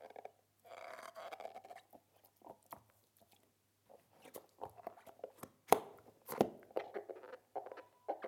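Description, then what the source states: Dog gnawing: irregular crunches and clicks in bursts, with short quiet pauses between. Dog gnawing on a rubber ball.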